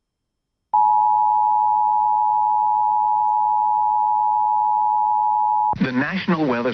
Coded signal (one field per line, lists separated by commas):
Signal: Emergency Alert System (SAME) tones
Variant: 853 and 960 Hz attention tone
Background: speech